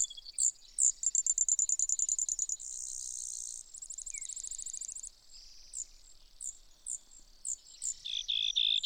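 Brewer's sparrow: isolated high chips, then quick trills and a flat buzz, ending in softer scattered notes and a short lower trill.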